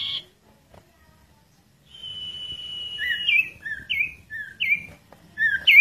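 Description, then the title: Bird song: a long steady whistle, then a series of short, sweet slurred whistles alternating high and low, over a low rumbling background. "Kicau Burung Yoi"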